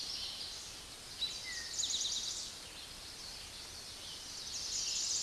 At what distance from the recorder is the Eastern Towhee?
about 40 m